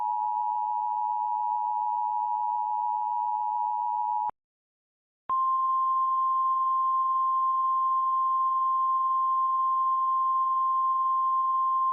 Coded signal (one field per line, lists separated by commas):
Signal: Emergency Alert System (SAME) tones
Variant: 853 and 960 Hz attention tone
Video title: Emergency Alert System Scenario #5: "The Wyoming Incident"